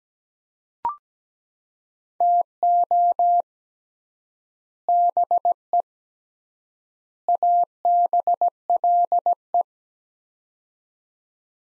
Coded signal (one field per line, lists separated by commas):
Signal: Morse code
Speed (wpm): 17 wpm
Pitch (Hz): 700 Hz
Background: none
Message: TO BE ABLE